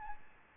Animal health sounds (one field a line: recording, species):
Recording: mosquito wingbeat signal from an infrared sensor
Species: Aedes albopictus